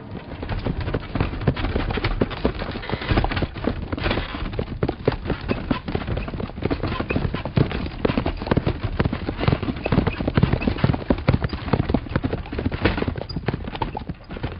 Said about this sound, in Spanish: Hemos viajado todo el día a buena velocidad. Los caballos parecen saber que los estamos tratando con bondad, ya que demuestran la voluntad de avanzar al mejor paso.